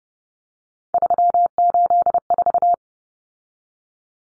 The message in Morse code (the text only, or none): 384